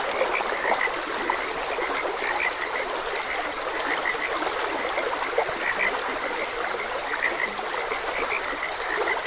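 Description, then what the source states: Frog chorus, scattered sharp croaks repeating without pause against a constant stream. Frogs croaking beside a gentle stream.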